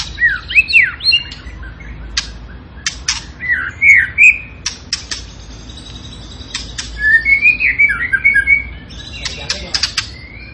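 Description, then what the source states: Zebra finch song with wavering chirps and sharp buzzy nasal notes in irregular clusters, then a longer run of fluttering whistled notes, followed by a final cluster of buzzy notes. Cage-bird training recording of a tembakan singing actively and persistently, used to teach song to other caged birds.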